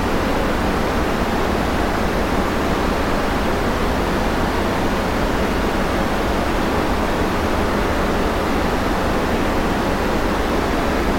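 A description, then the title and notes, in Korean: A continuous wash of white noise fills all 11 seconds, dense and completely even with no breaks or events. The hiss is full and slightly soft rather than sharp, with a low, fluttering rumble underneath that stays constant throughout. 순수한 화이트 노이즈.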